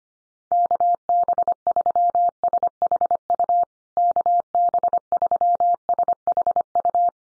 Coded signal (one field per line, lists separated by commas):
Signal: Morse code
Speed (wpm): 25 wpm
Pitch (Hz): 700 Hz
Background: none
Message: KB3SHU KB3SHU